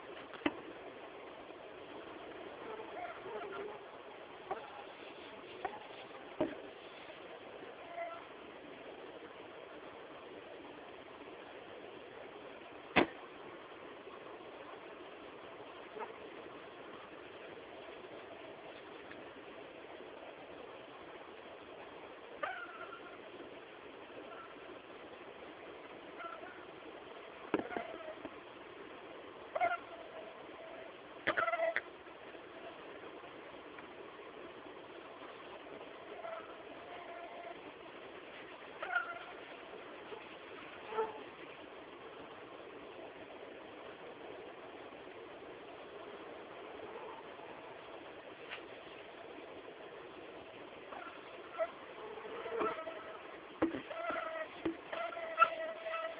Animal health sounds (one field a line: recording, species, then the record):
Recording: mosquito flight sound by mobile phone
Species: Anopheles albimanus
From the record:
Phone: Samsung T209